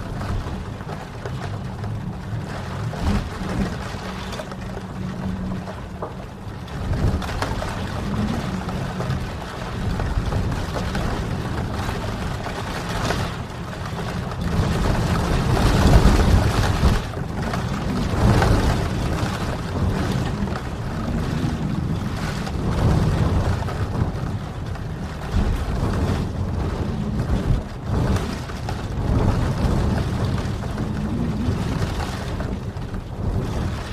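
Rain falls in a dense, unbroken wash with a heavy low rumble underneath, like wind buffeting the microphone. The sound swells and ebbs, growing loudest around the middle before easing slightly, with brief gusty surges scattered throughout.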